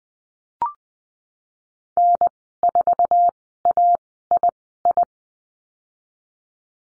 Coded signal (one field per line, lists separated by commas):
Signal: Morse code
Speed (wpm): 20 wpm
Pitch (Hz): 700 Hz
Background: none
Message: N4AII